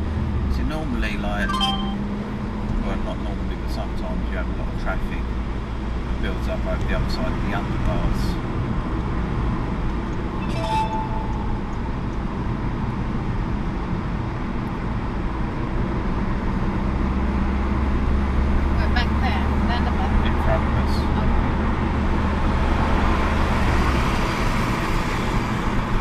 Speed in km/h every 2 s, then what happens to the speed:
42, 48, 50, 48, 48, 47, 45, 50, 58, 61, 63, 63, 60.
0-3 speeds up to 50. 3-13 steady at about 48. 13-19 speeds up to 63. 19-26 steady at about 63.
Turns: none.